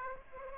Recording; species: mosquito wingbeat signal from an infrared sensor; Aedes aegypti